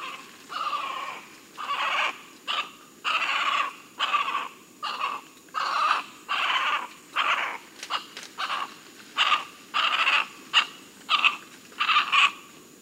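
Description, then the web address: Central American spider monkey giving a long series of harsh, rasping calls in short bursts, roughly one to two each second, over a steady high whine. Rainforest primate, listed under South America. "Natures Songs S America Primates of the Rainforest Central American spider monkey"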